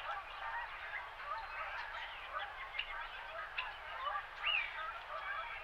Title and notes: Winter Morning Birds and Geese. Recorded January 11, 2023